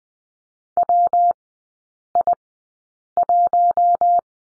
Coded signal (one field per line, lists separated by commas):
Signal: Morse code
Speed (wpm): 20 wpm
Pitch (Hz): 700 Hz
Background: none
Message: WI1